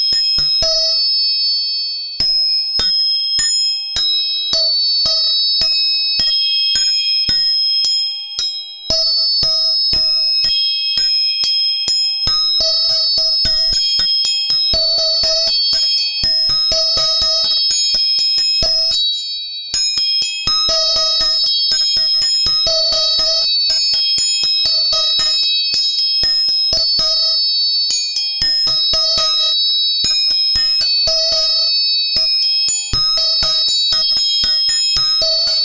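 Tuning forks are struck again and again, sending out clear, bell-like ringing tones that overlap and hang in the air. Sharp metallic taps come in quick, irregular bursts throughout, with a steady middle pitch beneath bright, high shimmering overtones.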